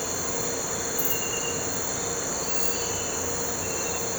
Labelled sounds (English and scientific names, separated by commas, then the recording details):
none
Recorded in pastures near Puerto Asís, Putumayo, Colombia, on 4 March 2025 at 06:00
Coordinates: 0.466, -76.322
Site CSA-02